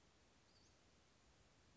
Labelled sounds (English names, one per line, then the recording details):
Western Flycatcher
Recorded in Sonoma County, California